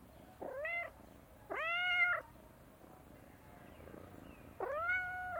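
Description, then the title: Cat giving three meows, each rising then falling, separated by quiet pauses. "Universidad del Claustro de Sor Juana - Colegio de Comunicación - Sonoteca de México. GATO MAULLANDO"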